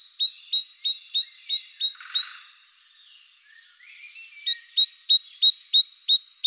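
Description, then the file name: Great tit song: a quick series of ringing paired notes, a quiet spell with soft chattering, then the same bright phrase repeated again rapidly. Recorded in the Netherlands. "mesange charbonniere hollande"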